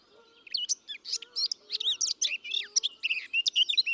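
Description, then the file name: Eurasian blackcap song: a continuous, rapid jumble of bright whistles and chattering notes, with soft low humming tones in the background. "Sylvia atricapilla"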